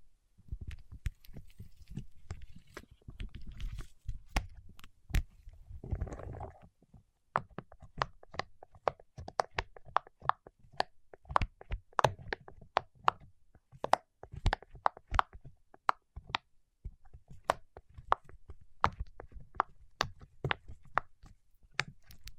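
Wax fingertips make a steady stream of small sharp ticks and sticky taps, irregular and fairly dense throughout. A soft low rumble runs under the first seven seconds, with a brief louder smeared scrape near six seconds before the clicking continues alone.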